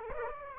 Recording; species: mosquito wingbeat signal from an infrared sensor; Aedes aegypti